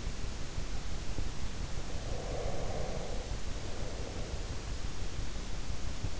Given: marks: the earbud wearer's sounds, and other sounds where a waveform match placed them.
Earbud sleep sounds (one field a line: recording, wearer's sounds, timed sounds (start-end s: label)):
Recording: sounds in sleep by an in-ear microphone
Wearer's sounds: breath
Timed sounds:
1.90-5.06 s: breath